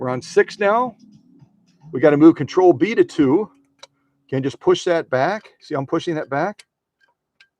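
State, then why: Seated. Someone talks while pushing the pattern-selector control lever (control B) on a vintage German metal PFAFF 130-6 sewing machine, fitted with an embroidery kit, back to setting two. After the talking stops, a faint tick at 7.0 s leads into a sharp click at 7.4 s as the lever pops into its detent and seats in place.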